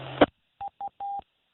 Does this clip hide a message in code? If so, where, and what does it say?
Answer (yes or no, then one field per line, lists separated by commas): no